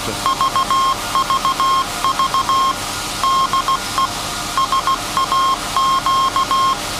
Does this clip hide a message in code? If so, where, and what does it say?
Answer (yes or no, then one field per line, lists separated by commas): yes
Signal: Morse code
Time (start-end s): 0.3-6.7 s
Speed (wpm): 16 wpm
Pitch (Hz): 1070 Hz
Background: none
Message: VVV DE SAQ